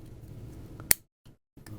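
A 3D printed blade carrier is slid into a 3D printed plastic knife handle after its plastic spring notch is pushed down, over a low background rumble with a faint tick at 0.8 s. It snaps home with one sharp, bright click at 0.9 s, followed by near silence, a soft knock at 1.3 s, and the rumble returning with another small tick at 1.7 s. The slider is seated.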